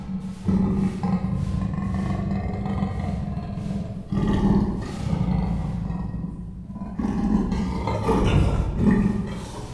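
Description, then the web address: Persian leopard giving a deep, rasping growl-roar, a continuous low rumble with rich overtones, in long bursts broken by brief pauses. Captive animal at Miskolc Zoo, 2018; calling begins agitated. "allathangok miskolcizoo 2018 professzionalis perzsa leopard indulatosankezdi miskolczoo"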